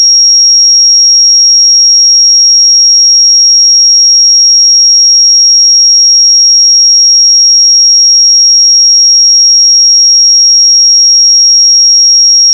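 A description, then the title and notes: A pure sine tone at 5597 Hz holds perfectly steady for the whole clip, a single thin, bright whistle with no wavering in pitch or loudness. Nothing else is heard; the silence around it is complete until the tone cuts off at the very end. 5597 Hz 1 Hz Interval Sine Pure Tone Frequency 441000 Sample Mono.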